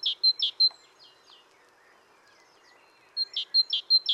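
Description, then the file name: Great tit: bright, repeated two-part notes at the start and end, separated by a quieter stretch with faint chirps. "Parus major"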